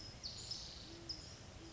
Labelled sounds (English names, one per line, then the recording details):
Great Horned Owl
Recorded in Sonoma County, California